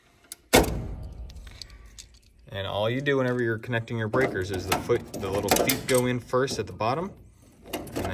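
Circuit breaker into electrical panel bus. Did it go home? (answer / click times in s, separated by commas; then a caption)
yes / 7.7 s. A 60 amp circuit breaker is pressed into an RV electrical service panel, its feet going in first at the bottom before it is rocked forward onto the bus, while someone talks. It clicks and seats at 7.7 s, and the breaker is off.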